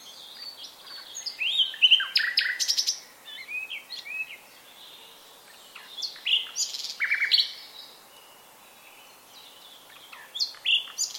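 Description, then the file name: Common nightingale song, loud varied phrases of whistles, sharp chirps and a fast rattling trill, separated by pauses. "Luscinia megarhynchos"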